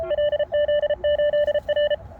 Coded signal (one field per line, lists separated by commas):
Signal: Morse code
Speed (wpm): 30 wpm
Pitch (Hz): 590 Hz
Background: none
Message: LZ8R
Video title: Cheap Effective Moxon Beam Antenna for 10, 11 or 12m Bands #hamradio #hamr